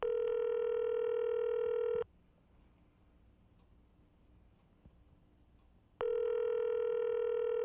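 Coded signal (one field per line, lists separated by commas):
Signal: telephone call progress tone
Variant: North America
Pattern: ringback tone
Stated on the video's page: Sound effect of a phone pick-up with dial tone, followed by five rings.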